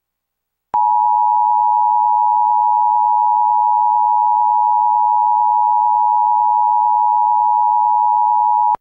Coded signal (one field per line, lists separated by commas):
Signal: Emergency Alert System (SAME) tones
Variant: 853 and 960 Hz attention tone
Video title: EAS #922-923: 2 EAS Required Monthly Tests- Apr. 5, 2024- 12:15AM PDT